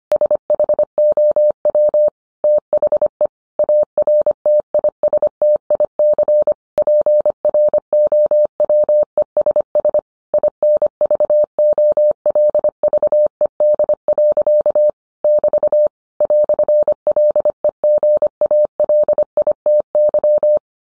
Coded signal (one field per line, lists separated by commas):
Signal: Morse code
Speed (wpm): 25 wpm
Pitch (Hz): 600 Hz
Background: none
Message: SHOW THE ARTISTIC PROWESS INVOLVED. <BT> "LEGALITY